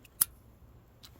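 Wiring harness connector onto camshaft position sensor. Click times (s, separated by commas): 0.2 s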